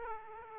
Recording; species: mosquito wingbeat signal from an infrared sensor; Aedes aegypti